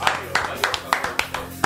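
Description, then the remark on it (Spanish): Audience applause that comes through as distinct, steady claps, about seven sharp slaps in an even rhythm over a low murmuring background. “El aplauso, fuerte ese aplauso, por favor.”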